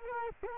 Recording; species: mosquito wingbeat signal from an infrared sensor; Culex quinquefasciatus